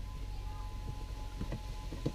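A multi-pin wiring harness plug is pushed into its socket on the engine control module of a Toyota 4Runner, after the engine computer is refitted because the vehicle won't start with no check engine light and the ECM was diagnosed as bad. Over a steady low rumble and faint hum, a few soft rustling bumps lead to a sharp click at 2.1 s as the plug seats.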